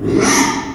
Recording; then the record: squeal of a Yucatan mini pig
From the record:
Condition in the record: after surgery on the right vocal fold (resection and tissue-engineered implant); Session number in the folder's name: 3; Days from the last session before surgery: 33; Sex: male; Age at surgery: 12 weeks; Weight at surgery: 13 kg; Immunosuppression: cyclosporine, prednisolone